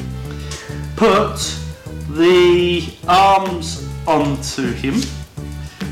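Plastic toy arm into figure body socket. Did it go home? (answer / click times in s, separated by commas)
yes / 5.8 s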